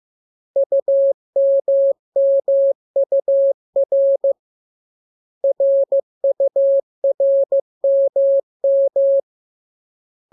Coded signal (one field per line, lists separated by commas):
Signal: Morse code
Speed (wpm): 15 wpm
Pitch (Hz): 550 Hz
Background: none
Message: UMMUR RURMM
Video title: Learning Morse Code. Lesson 3. Letter KMUR